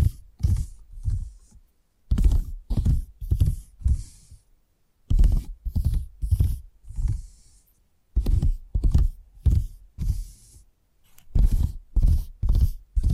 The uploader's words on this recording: ASMR 10 Addictive Tapping Triggers. (No Talking).